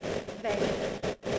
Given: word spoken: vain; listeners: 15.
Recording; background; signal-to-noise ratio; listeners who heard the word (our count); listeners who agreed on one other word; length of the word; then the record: one English word in noise, from a listening test; noise modulated by three-talker babble; -6.0 dB; 3 of 15; 8 of 15; 0.99 s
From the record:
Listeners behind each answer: 8, 3, 1, 1, 1, 1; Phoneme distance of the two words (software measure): 10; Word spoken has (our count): 1 syllable, 3 phonemes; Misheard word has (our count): 1 syllable, 3 phonemes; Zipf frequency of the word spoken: 3.67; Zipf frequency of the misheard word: 3.50